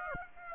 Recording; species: mosquito wingbeat signal from an infrared sensor; Aedes aegypti